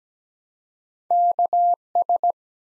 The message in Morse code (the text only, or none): KS